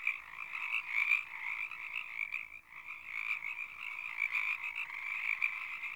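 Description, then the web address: Frogs giving a dense, continuous high-pitched trilling chorus at a fairly steady level. "Soulframe Sounds Ambience Frog Loops Frog Loop A"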